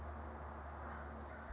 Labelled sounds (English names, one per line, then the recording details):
California Towhee
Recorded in Sonoma County, California